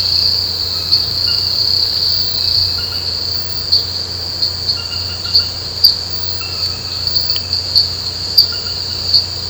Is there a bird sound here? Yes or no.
no